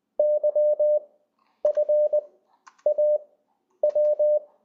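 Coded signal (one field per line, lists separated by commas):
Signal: Morse code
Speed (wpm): 20 wpm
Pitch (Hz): 600 Hz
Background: none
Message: YFAW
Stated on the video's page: Morse from LCWO, an online tool for learning CW.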